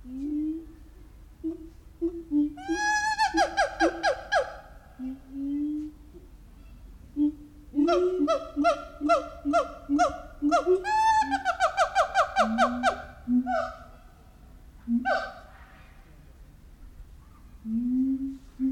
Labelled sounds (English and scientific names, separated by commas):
Siamang (Symphalangus syndactylus)